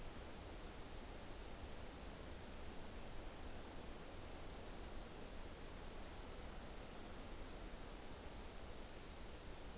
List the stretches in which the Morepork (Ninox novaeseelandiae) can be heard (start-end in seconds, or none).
none